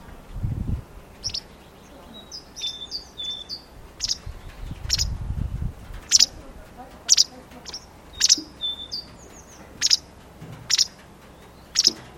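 Bird calls: a series of sharp high chirps roughly once a second, with short whistles and two dull low thumps.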